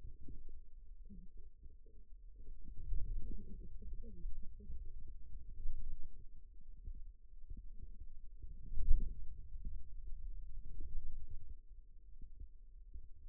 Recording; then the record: forearm muscle sounds (acoustic myography)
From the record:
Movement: wrist extension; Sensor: system 2, bracelet of six BSWA MPA416 microphones around the upper forearm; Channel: 5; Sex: male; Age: 22 years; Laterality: right